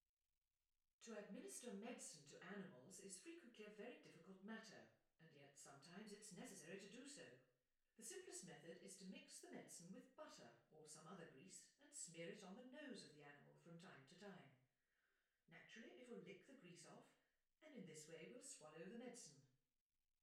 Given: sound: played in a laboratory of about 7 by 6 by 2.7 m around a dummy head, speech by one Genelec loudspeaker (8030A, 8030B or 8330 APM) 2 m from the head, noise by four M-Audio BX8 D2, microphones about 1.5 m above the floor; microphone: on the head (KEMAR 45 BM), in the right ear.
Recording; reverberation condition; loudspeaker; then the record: female speech in English; medium; 120 degrees to the left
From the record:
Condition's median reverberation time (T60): about 510 ms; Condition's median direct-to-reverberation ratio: about -0.5 dB